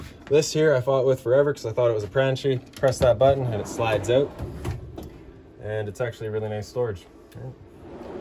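Someone talks while handling a slide-out storage tray in the cabinet of a 2005 Tripple E Embassy RV; the tray's release button has been pressed and it slides out. Faint handling noise follows as the talking fades near the end. Nothing has seated or clicked yet; the tray has not latched back into place.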